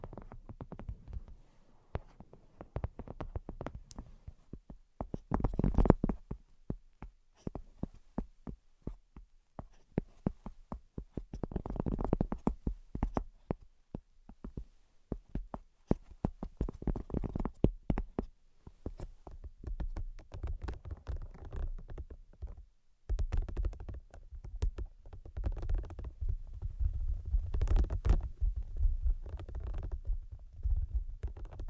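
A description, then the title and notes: Quick, dense tapping runs through the whole clip, made of sharp clicks over a low, soft thumping. The taps come in irregular bursts that swell around six and twelve seconds, drop out briefly near twenty-three seconds, then return in a fuller, steadier rush. Brain Penetrating 3D Tapping.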